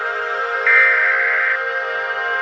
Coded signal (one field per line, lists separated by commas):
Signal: Emergency Alert System (SAME) tones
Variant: header bursts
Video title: EAS Scenario #6 Universal Logo